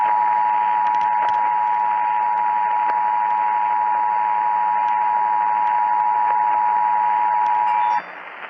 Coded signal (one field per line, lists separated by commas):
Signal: Emergency Alert System (SAME) tones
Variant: 853 and 960 Hz attention tone